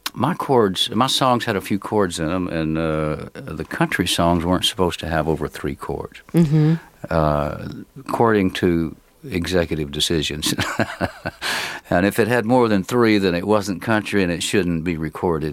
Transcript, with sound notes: my chords - my songs had a few chords in them, and the country songs weren't supposed to have over three chords, according to executive decisions. (Soundbite of laughter) And if it had more than three, then it wasn't country and it shouldn't be recorded.